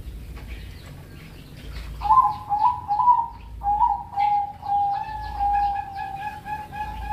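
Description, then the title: Pigeon cooing: after a few faint high chirps, a run of short, mid-pitched cooing notes begins and continues steadily to the end. "Canto Da Pomba"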